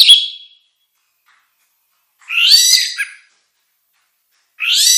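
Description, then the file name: Orange-headed thrush song: a short whistled note fading out, then a rich warbled phrase with rising and falling slurs, and another phrase starting near the end; silence between. "suara kicau burung anis merah luar biasa"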